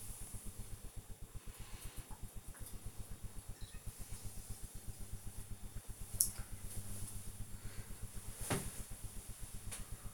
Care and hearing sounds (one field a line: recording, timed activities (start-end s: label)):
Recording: household activities, microphone on the right wrist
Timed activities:
0.00-10.14 s: drinking